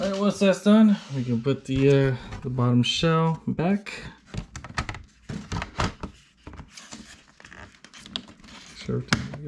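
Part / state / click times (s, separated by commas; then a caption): laptop bottom shell clipping onto the laptop chassis / seated / 8.2 s, 9.1 s. Someone talks as the plastic bottom shell of a Lenovo Legion 5 gaming laptop is put back on and pushed down onto the chassis, with soft handling crinkles and thunks in between. Sharp snaps at 8.2 s and 9.1 s mark its clips engaging as the shell seats into place.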